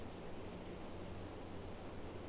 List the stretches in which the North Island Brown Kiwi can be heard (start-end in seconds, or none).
none